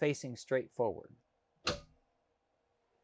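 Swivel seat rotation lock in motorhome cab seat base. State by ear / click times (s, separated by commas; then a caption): seated / 1.7 s. Someone talks as the driver's swivel seat in the cab of a 2025 Newmar New Aire motorhome is turned back to face straight forward. The rotation lock in the seat base engages with a sharp click at 1.7 s, locking the seat in place facing forward.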